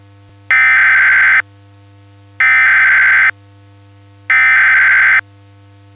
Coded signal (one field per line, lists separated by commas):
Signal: Emergency Alert System (SAME) tones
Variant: header bursts